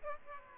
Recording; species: mosquito wingbeat signal from an infrared sensor; Aedes aegypti